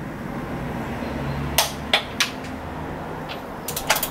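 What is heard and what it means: A torque wrench tightens the intake manifold bolts while the manifold is being refitted on the V8 engine of a BMW 730i, over a steady low hum. It gives sharp clicks at its set torque at 1.6, 1.9 and 3.9 seconds, with a few lighter ticks in between around 2.2 and 3.7 seconds.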